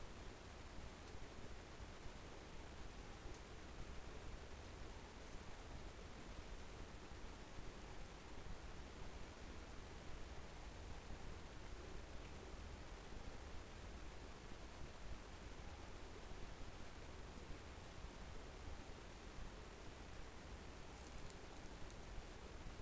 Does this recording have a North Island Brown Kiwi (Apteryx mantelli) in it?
no